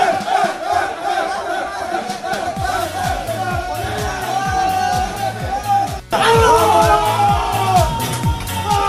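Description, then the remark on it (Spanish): Barcelona's winners shout and cheer loudly in celebration after routing Real Madrid at Real Madrid's own ground, voices overlapping continuously over a steady thumping low beat, with a brief dip before the roar surges back even stronger. “Ahí está el grito de los ganadores.”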